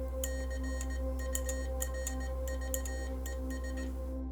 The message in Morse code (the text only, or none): CURVES